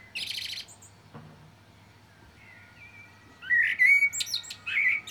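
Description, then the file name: Common blackbird song: a brief scratchy high burst opens, then quiet, then soft whistles build into a fluted phrase with high squeaky notes. "Turdus merula"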